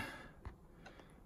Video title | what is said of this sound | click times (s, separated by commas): Je pose mon Escalier!! Enfin!!! | ça vient se clipser là toi tu peux le vice et n'importe où | 0.4 s